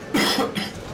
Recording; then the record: coughing mixed with background sound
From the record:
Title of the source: Man Coughing Sound - Wet Cough Sound Effect